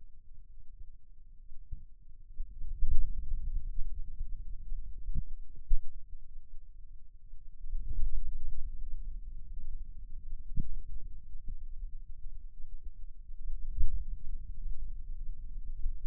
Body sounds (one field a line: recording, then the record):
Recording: forearm muscle sounds (acoustic myography)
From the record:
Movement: finger pinch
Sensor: system 2, bracelet of six BSWA MPA416 microphones around the upper forearm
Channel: 1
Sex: male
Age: 22 years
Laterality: right